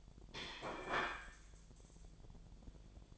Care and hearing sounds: daily activity, microphone in the room; place plate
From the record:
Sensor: 5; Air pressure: 1009.5 hPa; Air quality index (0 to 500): 169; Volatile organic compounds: 4 ppm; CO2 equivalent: 1639 ppm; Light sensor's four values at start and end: 99/263/107/114 and 99/263/107/114

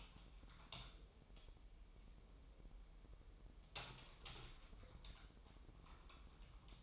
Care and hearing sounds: daily activity, microphone in the room; typing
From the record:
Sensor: 1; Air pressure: 988.8 hPa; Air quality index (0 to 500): 204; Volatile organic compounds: 1000 ppm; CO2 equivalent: 5430 ppm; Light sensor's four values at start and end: 25/93/35/36 and 25/93/35/37

